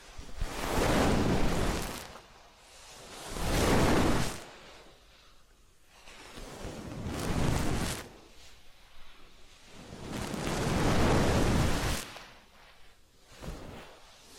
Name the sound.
Massage, Ear Cleaning and Spa